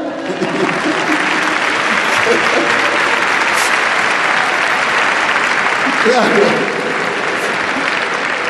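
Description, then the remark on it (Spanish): Sustained applause from an audience, a dense steady wash of clapping at even loudness for several seconds, with a brief spoken word breaking through near the middle. “Muchachos, aplaudan.”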